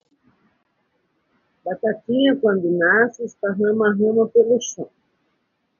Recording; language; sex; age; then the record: short text; Brazilian Portuguese; female; 50 to 59 years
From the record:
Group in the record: control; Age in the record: 57 years